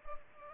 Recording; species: mosquito wingbeat signal from an infrared sensor; Culex pipiens